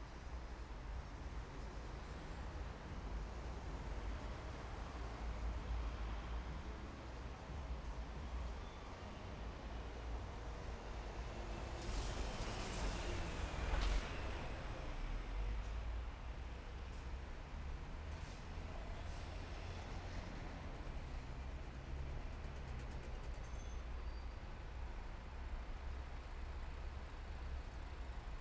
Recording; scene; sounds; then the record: everyday scene through a hearing-aid microphone; in traffic; traffic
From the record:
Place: main city hub, rush hour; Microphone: behind the ear, right, front